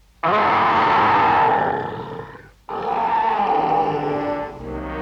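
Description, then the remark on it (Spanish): A boy imitates a bear's roar on request in a Disney story recording of The Jungle Book (El libro de la selva), with two long, loud, throaty bursts, each rough and gravelly, the first fading off before a brief pause and the second starting abruptly. “Ahora dame un buen rugido de oso.”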